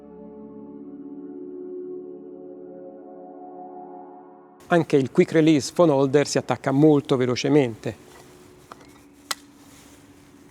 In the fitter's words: sentite lo scatto a